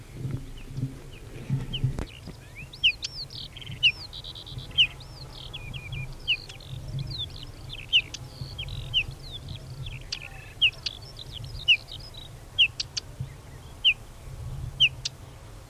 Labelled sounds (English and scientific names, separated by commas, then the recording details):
Whinchat (Saxicola rubetra) call
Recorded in the wild
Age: adult
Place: Feldberg - Koldenhof, Mecklenburgische Seenplatte, Mecklenburg, DE
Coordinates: 53.3333, 13.3333
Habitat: edge of the woods
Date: 1976-06-18 19:30
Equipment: Uher CR 210, Sennheiser MD 421 HL, Verstärker, Reflektor, Kopie Uher 4200
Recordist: Tembrock, Günter